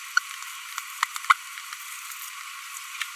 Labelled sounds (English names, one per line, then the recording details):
Green-rumped Parrotlet babbling
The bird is a female
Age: 23 days
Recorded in a nest box in Venezuela
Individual 17B42B2